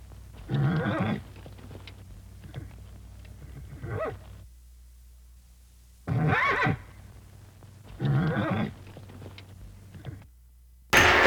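Horse whinnies in short, rough, breathy bursts, four separated by short pauses, then a sudden loud noisy burst at the very end.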